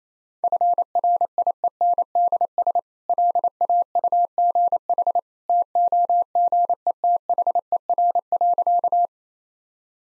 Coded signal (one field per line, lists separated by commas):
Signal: Morse code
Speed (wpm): 28 wpm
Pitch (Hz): 700 Hz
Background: none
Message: FRIENDS LAUGH TOGETHER.